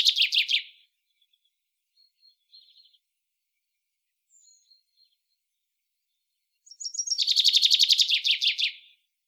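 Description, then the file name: Common chaffinch singing: the tail of one phrase, a few soft high notes, then a full rattling song with a rolling middle. "Fringilla coelebs"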